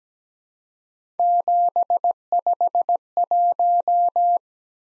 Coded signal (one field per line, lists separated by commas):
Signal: Morse code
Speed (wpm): 17 wpm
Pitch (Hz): 700 Hz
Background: none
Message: 751